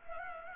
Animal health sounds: mosquito wingbeat signal from an infrared sensor; Culex pipiens

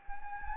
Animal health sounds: mosquito wingbeat signal from an infrared sensor; Anopheles gambiae

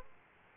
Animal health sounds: mosquito wingbeat signal from an infrared sensor; Aedes aegypti

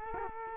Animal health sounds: mosquito wingbeat signal from an infrared sensor; Culex quinquefasciatus

